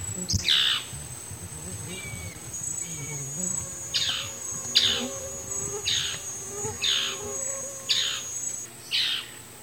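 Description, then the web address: White-masked antbird calls: several sharp, downslurred notes, mostly about a second apart after a slower start, over a steady high insect whine and a low rumble. Eastern lowlands of South America, Ecuador. "Natures Songs S America Eastern Lowlands. White-masked Antbird"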